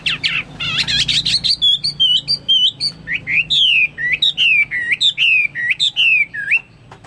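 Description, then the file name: Chinese hwamei song, rapid high twittering opening, then a series of clear descending whistled notes with upturned ends, repeated steadily. "omkicau hwamei"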